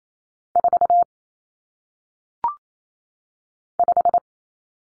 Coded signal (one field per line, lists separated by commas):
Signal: Morse code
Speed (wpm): 28 wpm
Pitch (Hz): 700 Hz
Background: none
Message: 4 5